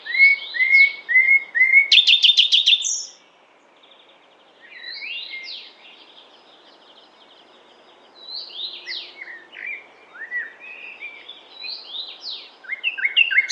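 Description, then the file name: Common nightingale song: repeated slurred notes and a loud rattling burst, a brief silence, then varied whistled phrases with swoops and chirps building again. "Luscinia megarhynchos"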